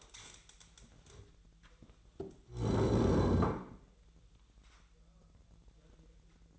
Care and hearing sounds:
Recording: daily activity, microphone in the room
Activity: stand up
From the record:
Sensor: 3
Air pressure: 1001.8 hPa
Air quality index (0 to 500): 249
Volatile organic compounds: 136 ppm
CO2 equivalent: 3957 ppm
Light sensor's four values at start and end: 10/24/10/10 and 10/23/10/10

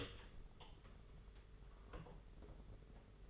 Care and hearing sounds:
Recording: daily activity, microphone in the room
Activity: open door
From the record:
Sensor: 4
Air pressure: 992.4 hPa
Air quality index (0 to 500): 111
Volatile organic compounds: 19 ppm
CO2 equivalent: 2666 ppm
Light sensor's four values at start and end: 21/74/27/28 and 21/74/27/28

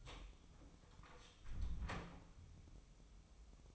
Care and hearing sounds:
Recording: daily activity, microphone in the room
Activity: close door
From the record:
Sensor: 1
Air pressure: 1005.0 hPa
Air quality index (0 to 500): 85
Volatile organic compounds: 2 ppm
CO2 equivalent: 1155 ppm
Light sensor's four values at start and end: 10/24/9/10 and 10/24/9/10

